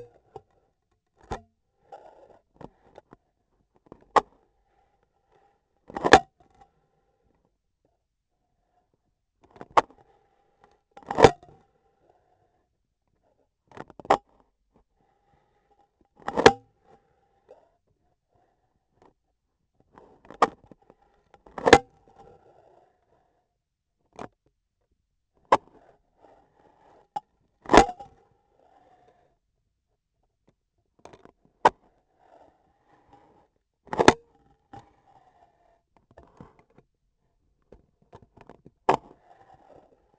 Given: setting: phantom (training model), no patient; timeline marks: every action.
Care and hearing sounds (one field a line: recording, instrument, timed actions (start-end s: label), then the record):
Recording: laparoscopic instrument, vibration sensor on the handle end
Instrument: scissors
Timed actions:
0.00-0.28 s: cutting foam
3.84-4.49 s: scissors opening
5.79-6.37 s: cutting foam
9.39-10.02 s: scissors opening
10.92-11.69 s: cutting foam
13.61-14.51 s: scissors opening
16.10-16.75 s: cutting foam
19.86-20.81 s: scissors opening
21.37-22.04 s: cutting foam
25.29-26.02 s: scissors opening
27.58-28.44 s: cutting foam
31.37-32.05 s: scissors opening
33.78-34.67 s: cutting foam
38.80-39.18 s: scissors opening
From the record:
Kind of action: gesture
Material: foam